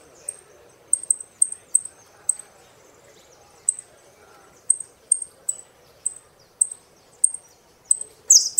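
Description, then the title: Saffron finch calls: sharp, high, thin chips in an uneven series with a short gap, closing with a buzzy rasping phrase. "Jilguero Argentino"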